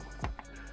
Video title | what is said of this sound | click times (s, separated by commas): BMW E60 Windscreen Washer Jets / Nozzle Replacement | as you'll see, and then snaps into place just like that. | 0.2 s, 0.4 s